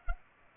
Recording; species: mosquito wingbeat signal from an infrared sensor; Culex pipiens